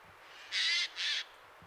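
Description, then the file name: Eurasian jay giving two short, rough, rasping screeches in quick succession. "Garrulus glandarius"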